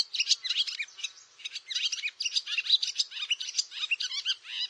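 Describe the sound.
Barn swallow chatter, a continuous stream of rapid squeaky chirps and short warbled notes with brief dips in loudness.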